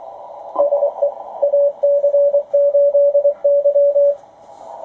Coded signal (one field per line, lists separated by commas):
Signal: Morse code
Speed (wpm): 23 wpm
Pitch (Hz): 570 Hz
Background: radio noise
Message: SE AC8Y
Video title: Ten Tec Paragon 585 HF Transceiver